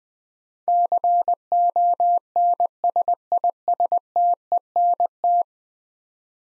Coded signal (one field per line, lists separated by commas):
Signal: Morse code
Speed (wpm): 20 wpm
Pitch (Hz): 700 Hz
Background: none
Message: CONSISTENT